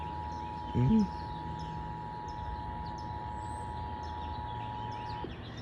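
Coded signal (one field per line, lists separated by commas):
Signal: Emergency Alert System (SAME) tones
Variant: 853 and 960 Hz attention tone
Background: speech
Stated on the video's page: Central California Required Monthly Test aired on an AM radio station, recorded on a phone.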